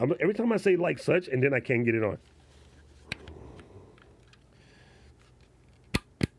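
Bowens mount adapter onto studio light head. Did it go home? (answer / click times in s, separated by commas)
yes / 5.9 s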